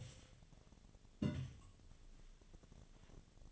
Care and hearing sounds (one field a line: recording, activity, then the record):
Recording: daily activity, microphone in the room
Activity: take from stove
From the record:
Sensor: 4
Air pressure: 1010.8 hPa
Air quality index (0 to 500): 167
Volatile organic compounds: 4 ppm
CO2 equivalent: 1702 ppm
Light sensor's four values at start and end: 39/111/44/46 and 38/110/44/45